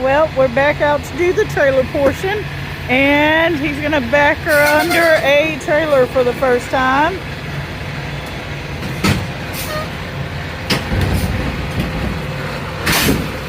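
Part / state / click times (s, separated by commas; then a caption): trailer kingpin into truck fifth wheel / seated / 10.7 s, 12.9 s. Someone talks over a low truck engine rumble as the tractor is backed under a trailer for the first time, so its fifth wheel jaws close around the trailer's steel kingpin. Two sharp hits land at 10.7 s and 12.9 s, and it is unclear which one is the lock click. The kingpin seats in the fifth wheel, and a tug test confirms the trailer is secure.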